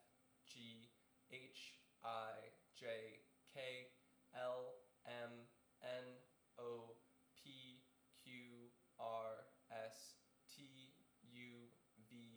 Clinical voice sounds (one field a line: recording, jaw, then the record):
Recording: letters of the alphabet, spoken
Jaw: free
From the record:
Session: seven days later